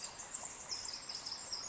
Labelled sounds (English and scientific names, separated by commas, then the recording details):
Pacific Wren (Troglodytes pacificus)
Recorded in Sonoma County, California